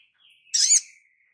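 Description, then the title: Spiderhunter call: one brief, very high buzzy note over a faint, thin drawn-out whistle. Training recording (masteran) for caged birds, Labaik variant. "Sogok Ontong Labaik"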